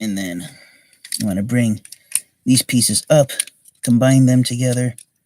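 Someone talks while two plastic pieces of a Transformers War for Cybertron Siege Shockwave robot figure are brought up and combined during the change to vehicle mode. Faint handling ticks sit between the words. The clip ends before the pieces go home, so nothing has seated or clicked yet.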